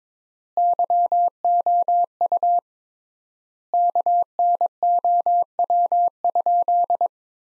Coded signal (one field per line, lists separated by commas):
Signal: Morse code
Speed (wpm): 22 wpm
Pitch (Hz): 700 Hz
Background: none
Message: YOU KNOW?